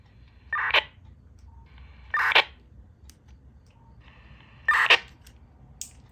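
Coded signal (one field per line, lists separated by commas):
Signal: radio ID data burst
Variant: MDC-1200, Motorola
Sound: three brief raspy warbling data bursts, each about a third of a second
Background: radio squelch noise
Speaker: and that's essentially what MDC 1200 is it's just a burst of data that has an audible an audible noise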